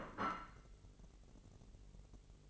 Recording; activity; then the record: daily activity, microphone in the room; place plate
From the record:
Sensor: 4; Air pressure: 1002.9 hPa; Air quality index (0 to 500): 248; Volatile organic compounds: 20 ppm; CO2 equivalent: 2686 ppm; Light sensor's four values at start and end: 5/12/4/5 and 5/12/4/5